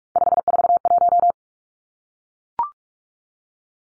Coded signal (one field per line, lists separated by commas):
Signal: Morse code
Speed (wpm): 44 wpm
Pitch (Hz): 700 Hz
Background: none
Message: 541